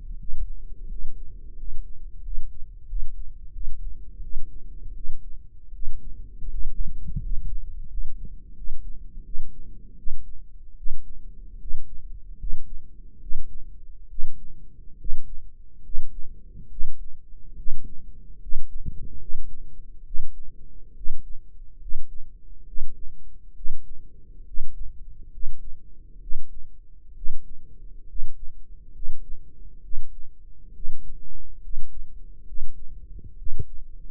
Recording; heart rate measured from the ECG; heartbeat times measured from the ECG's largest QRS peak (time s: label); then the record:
heart sounds by microphone in the right ear; 74 bpm
0.18 s: heartbeat
0.88 s: heartbeat
1.56 s: heartbeat
2.22 s: heartbeat
2.86 s: heartbeat
3.51 s: heartbeat
4.20 s: heartbeat
4.93 s: heartbeat
5.72 s: heartbeat
6.49 s: heartbeat
7.20 s: heartbeat
7.88 s: heartbeat
8.54 s: heartbeat
9.23 s: heartbeat
9.96 s: heartbeat
10.75 s: heartbeat
11.58 s: heartbeat
12.37 s: heartbeat
13.19 s: heartbeat
14.08 s: heartbeat
14.97 s: heartbeat
15.82 s: heartbeat
16.69 s: heartbeat
17.55 s: heartbeat
18.39 s: heartbeat
19.18 s: heartbeat
20.03 s: heartbeat
20.94 s: heartbeat
21.79 s: heartbeat
22.65 s: heartbeat
23.54 s: heartbeat
24.44 s: heartbeat
25.30 s: heartbeat
26.19 s: heartbeat
27.14 s: heartbeat
28.06 s: heartbeat
28.92 s: heartbeat
29.81 s: heartbeat
30.72 s: heartbeat
31.60 s: heartbeat
32.44 s: heartbeat
33.36 s: heartbeat
From the record:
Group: healthy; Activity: rest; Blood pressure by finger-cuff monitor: 114/62 mmHg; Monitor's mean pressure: 75 mmHg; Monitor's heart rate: 71 bpm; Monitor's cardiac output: 7.3 L/min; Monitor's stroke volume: 102 mL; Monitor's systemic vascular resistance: 760 dyn s/cm5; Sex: male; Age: 23 years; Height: 178 cm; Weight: 96.6 kg